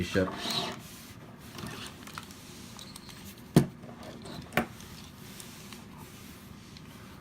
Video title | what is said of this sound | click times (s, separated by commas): Toy Story Soul of Chogokin Chogattai Daisakusen | wings don't really seem to to snap in the end position so | none